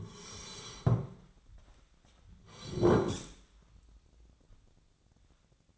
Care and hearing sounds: daily activity, microphone in the room; sit down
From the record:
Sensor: 3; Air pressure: 1009.2 hPa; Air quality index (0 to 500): 184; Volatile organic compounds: 3 ppm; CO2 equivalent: 1492 ppm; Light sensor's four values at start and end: 42/108/48/50 and 53/135/59/60

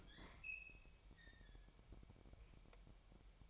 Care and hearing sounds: daily activity, microphone in the room; open fridge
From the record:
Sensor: 1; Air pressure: 1002.0 hPa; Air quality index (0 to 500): 243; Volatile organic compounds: 49 ppm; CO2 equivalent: 3282 ppm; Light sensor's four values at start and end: 8/28/10/11 and 8/28/10/11

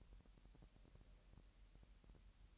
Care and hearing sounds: daily activity, microphone in the room; take from stove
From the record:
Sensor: 3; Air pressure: 1002.0 hPa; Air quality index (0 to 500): 245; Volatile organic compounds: 48 ppm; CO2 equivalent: 3262 ppm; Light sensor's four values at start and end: 6/15/6/6 and 6/15/6/6

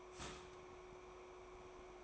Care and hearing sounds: daily activity, microphone in the room; start toaster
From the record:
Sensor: 1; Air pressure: 1014.7 hPa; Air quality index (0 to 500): 201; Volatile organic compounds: 34 ppm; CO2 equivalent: 3049 ppm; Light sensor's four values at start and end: 3/8/3/3 and 3/8/3/3

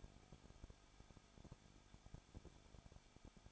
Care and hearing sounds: daily activity, microphone in the room; no activity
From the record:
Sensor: 5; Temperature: 20.9 degrees Celsius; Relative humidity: 35.1%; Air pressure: 994.6 hPa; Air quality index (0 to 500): 154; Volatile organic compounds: 2 ppm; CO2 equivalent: 1283 ppm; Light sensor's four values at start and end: 2/3/1/1 and 2/3/1/1

